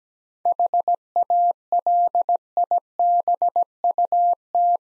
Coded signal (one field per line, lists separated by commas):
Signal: Morse code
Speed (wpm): 17 wpm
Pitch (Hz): 700 Hz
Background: none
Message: HALIBUT